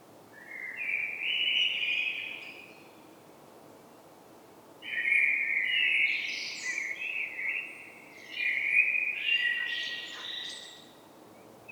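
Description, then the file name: Common blackbird: rich fluty warbling phrases, three in all, the later ones ending in squeaky, higher twittered notes; quiet background hiss. "Turdus merula"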